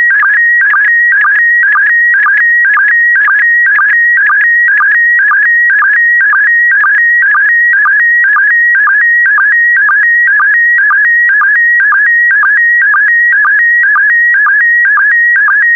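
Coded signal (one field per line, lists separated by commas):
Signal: SSTV (slow-scan television)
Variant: PD120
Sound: warbling electronic tone repeating about twice a second, with short low blips each line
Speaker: the next image transmission will start in 10 seconds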